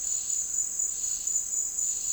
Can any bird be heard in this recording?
no